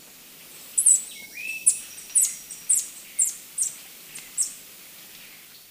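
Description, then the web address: Beryl-spangled Tanager calls: a run of several sharp, very high chips about twice a second, with a brief lower whistle near the start. Recorded in Ecuador. "Birds of Ecuador. Beryl-spangled Tanager"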